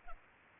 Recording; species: mosquito wingbeat signal from an infrared sensor; Culex pipiens